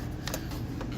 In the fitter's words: you know she pops right in